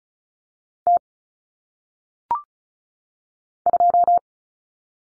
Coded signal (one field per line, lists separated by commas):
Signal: Morse code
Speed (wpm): 35 wpm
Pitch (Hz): 700 Hz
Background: none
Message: T 2